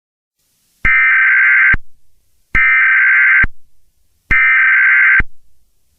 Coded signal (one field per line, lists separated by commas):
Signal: Emergency Alert System (SAME) tones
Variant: header bursts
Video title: EAS Scenario 9|| Demons And Monsters